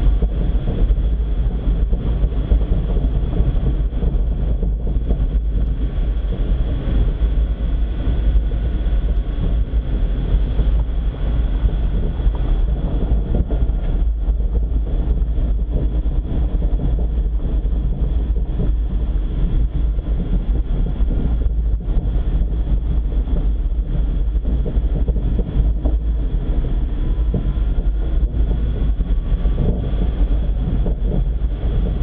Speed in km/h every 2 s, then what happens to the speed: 27, 27, 27, 27, 27, 25, 24, 24, 25, 24, 23, 23, 25, 27, 28, 28.
0-32 steady at about 25.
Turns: none.